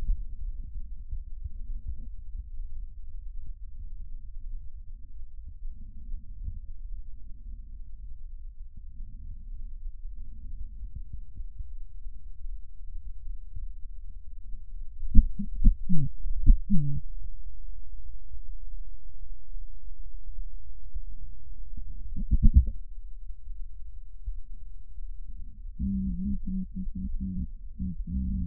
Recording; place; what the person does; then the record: lung sounds by stethoscope; right posterior apical chest; quiet breathing, then cough and speech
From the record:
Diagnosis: COPD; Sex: female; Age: 72 years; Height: 156 cm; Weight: 72 kg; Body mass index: 29.6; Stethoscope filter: bell mode